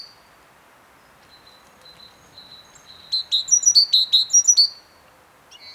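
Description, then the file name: Great tit calls: faint thin notes at first, then a loud, rapid string of clipped high chips for about two seconds, then a brief final note. "Parus major"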